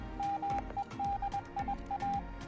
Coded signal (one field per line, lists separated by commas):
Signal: Morse code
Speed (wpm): 21 wpm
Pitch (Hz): 800 Hz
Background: music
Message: MEDIA